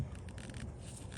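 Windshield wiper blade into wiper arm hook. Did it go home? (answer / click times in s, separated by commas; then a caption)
no / none. A new front windshield wiper blade for a Toyota Tacoma is handled and inserted onto the wiper arm hook with its cover cap on top, making soft scraping and light tapping sounds. Small sharp ticks come at about 0.3, 0.4, 0.6 and 1.2 seconds. The blade has not clicked or seated yet.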